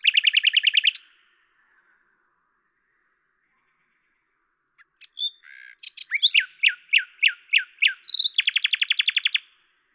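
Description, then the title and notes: Common nightingale song: a fast rattling trill, a pause, then varied whistles and a series of repeated notes leading into another rapid rattle. Recorded at Lavours, France, on 10 May 1998 with a Tascam DAP-1 recorder and Telinga microphone, edited in Samplitude 5.1. "rossignol à LAVOURS. D83, 01350 Lavours, France. 10/05/1998"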